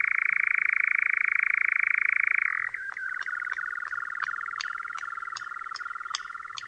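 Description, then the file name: European nightjar churr, steady at first, then breaking into a looser, uneven trill with sharp clicking pulses during the last four seconds. "lelek"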